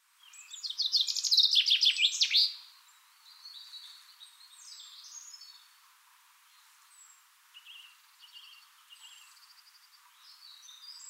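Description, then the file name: Common chaffinch song: a loud, rapid descending series of bright notes ending in a flourish after about two seconds, followed by fainter chirps and twittering. "Fringilla coelebs"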